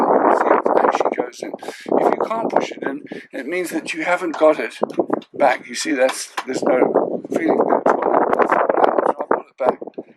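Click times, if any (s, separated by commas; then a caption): 9.3 s. A man talks while working the single-lever throttle and gear control on a Hunter 33 boat, after the rubber button has been pressed to disengage the gears. Small handling knocks are heard as the lever is pulled back. A sharp click at 9.3 s marks it seating into its gear-engaged position, so the lever is engaged for gears again.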